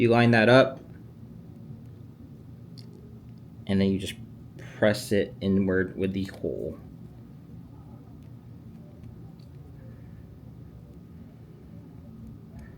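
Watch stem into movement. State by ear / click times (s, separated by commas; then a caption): not seated / none. A watch stem is lined up and pressed inward through the hole into the watch movement while someone talks, with a couple of faint ticks between the words. The clip ends before the stem goes home; nothing has seated or clicked into the movement yet.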